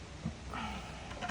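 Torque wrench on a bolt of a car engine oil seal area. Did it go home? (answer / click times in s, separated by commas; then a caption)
no / none. A torque wrench tightens a bolt in the oil-seal area of a Lamborghini Murcielago engine during an oil-leak repair. A brief rise in sound comes at about 0.5 s, but the wrench gives no click at its setting, and the bolt has not reached torque yet. No one speaks in the clip.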